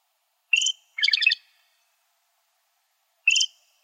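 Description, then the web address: Loggerhead shrike calling: a sharp whistled note, then a grating, rattling burst, and another lone whistled note near the end, with quiet between. "Shrikes Vireos LOSH"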